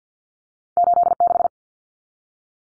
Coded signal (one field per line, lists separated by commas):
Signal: Morse code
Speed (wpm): 48 wpm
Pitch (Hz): 700 Hz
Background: none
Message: 86